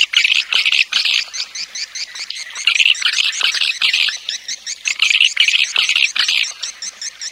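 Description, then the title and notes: Swiftlet twittering, fast repeated high chirps in clustered bursts with short gaps between groups. Swiftlet farming sound, Asia. "Swiflet Bird Sound. Farming Swiflet Bird asia sound"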